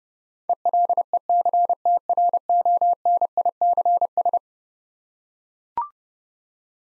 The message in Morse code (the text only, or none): ELECTRONICS